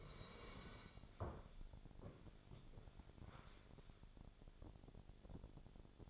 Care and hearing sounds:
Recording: daily activity, microphone in the room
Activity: sit down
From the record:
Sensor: 5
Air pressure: 1000.5 hPa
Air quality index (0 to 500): 144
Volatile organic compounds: 2 ppm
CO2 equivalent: 1122 ppm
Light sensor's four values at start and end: 48/111/46/49 and 48/111/46/49

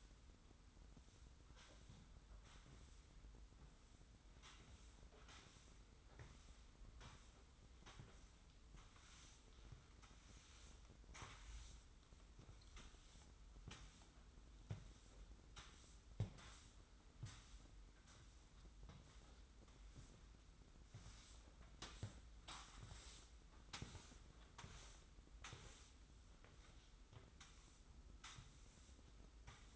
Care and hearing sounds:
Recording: daily activity, microphone in the room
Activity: sweep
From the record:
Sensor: 3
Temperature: 25.5 degrees Celsius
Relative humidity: 43.4%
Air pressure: 990.4 hPa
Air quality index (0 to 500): 196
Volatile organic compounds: 1000 ppm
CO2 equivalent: 6413 ppm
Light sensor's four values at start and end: 44/104/42/40 and 43/101/41/39

